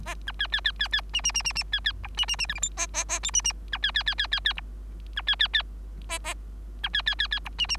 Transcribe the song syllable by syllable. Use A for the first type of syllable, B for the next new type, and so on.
A B C C C C C D D D D D C C E D D D F G H A A A I D D B C C C C C C E B C C C C E D D